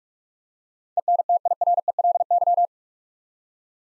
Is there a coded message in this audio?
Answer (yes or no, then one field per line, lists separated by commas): yes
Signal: Morse code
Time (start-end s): 1.0-2.7 s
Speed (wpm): 42 wpm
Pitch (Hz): 700 Hz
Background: none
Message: ENTIRELY